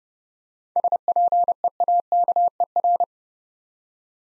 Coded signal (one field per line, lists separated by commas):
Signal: Morse code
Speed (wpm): 30 wpm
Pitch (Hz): 700 Hz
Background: none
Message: SPEAKER